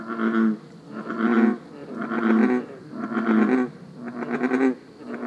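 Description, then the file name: American bullfrog giving deep, resonant, droning croaks about once per second, each note half a second long and steady in rhythm. "Grenouille taureau"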